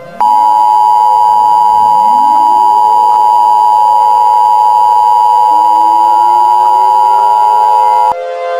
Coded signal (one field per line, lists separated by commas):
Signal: Emergency Alert System (SAME) tones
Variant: 853 and 960 Hz attention tone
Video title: The Last War: An EAS Scenario